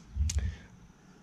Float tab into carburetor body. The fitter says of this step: field tab drops right in there that pops right in there like so